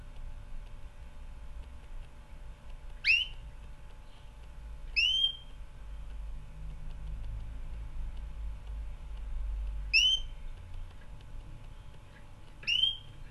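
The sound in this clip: Canary making sharp rising whistled calls, four spaced several seconds apart, against a low background rumble.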